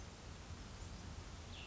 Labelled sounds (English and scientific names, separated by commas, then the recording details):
Cassin's Vireo (Vireo cassinii)
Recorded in Sonoma County, California